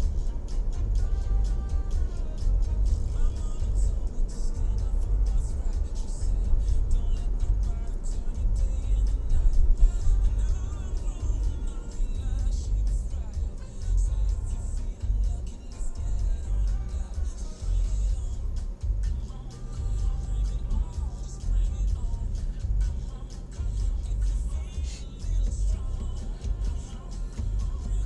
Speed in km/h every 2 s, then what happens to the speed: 45, 44, 42, 41, 38, 28, 13, 4, 0, 0, 0, 0, 0, 0.
0-15 slows to 0. 15-28 standing.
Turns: none.